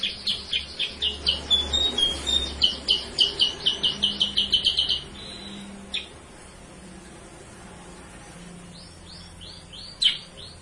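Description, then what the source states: Sooty-headed bulbul song: a quick run of chirps and short whistles for five seconds, then quiet with a few faint downslurred notes and a sharp call. Masteran lure song (pancingan) used to teach song to cage birds.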